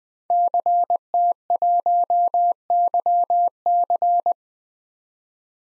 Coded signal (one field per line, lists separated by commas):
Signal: Morse code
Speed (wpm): 20 wpm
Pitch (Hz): 700 Hz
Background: none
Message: CT1YC